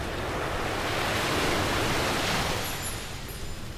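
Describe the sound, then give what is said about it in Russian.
Ocean waves crash against rocks below a steep cliff in a continuous, hissing roar that swells midway and then eases slightly, with no voices. “Мастер и ученик стояли на крутом утесе, а внизу простирался океан, волны которого разбивались о скалы.”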